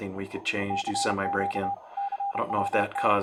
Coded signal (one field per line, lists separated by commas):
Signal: Morse code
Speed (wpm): 32 wpm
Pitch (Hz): 800 Hz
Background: speech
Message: CQ CWT